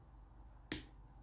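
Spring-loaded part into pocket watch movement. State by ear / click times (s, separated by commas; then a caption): seated / 0.7 s. A small spring-loaded part that could shoot out is worked into position inside the movement of a 1970 Smiths Empire pocket watch. A single sharp click is heard at 0.7 s over a quiet background. The part seats into place.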